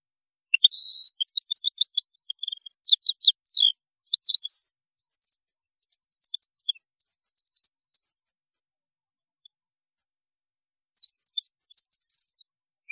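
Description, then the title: European goldfinch song, a long fast jumble of bright tinkling notes, ticks and buzzy trills, then a pause and a second short twittering burst. "Chant Chardonneret"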